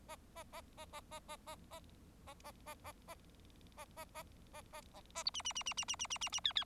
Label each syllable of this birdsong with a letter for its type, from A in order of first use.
A A A A A A A A A A A A A A A A B C C C C C C C C C C D D